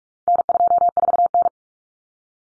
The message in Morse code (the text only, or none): N24N